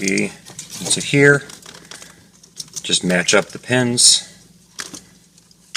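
Someone talks while the main wiring harness connector is lined up on the pins of the Eonon GM5153 head unit socket in a VW GTI MK6, with a few short plastic taps and knocks from handling. Nothing has seated or clicked yet; the connector is not pushed home and its locking lever is not yet pulled back to lock.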